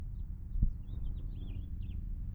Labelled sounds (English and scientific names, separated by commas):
House Finch (Haemorhous mexicanus) song